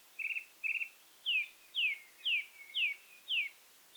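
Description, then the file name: Eurasian blackcap: two short chattering notes, then five clear slurred notes falling in pitch, evenly spaced about every half second. "Sylvia atricapilla"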